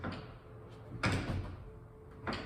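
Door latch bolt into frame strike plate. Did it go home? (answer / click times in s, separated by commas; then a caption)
no / none. A painted interior door is pushed and pulled closed without turning the knob, and its latch bolt does not catch in the frame's strike plate because the strike sits too low. Only dull bumps of the door against the frame are heard, the loudest near 1.0 s, with no latching click. The door has not latched.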